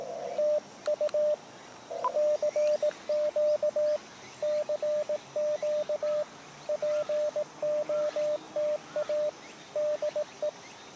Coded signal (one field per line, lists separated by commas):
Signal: Morse code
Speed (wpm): 18 wpm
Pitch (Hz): 600 Hz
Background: radio noise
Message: TU CQ CQ POTA DE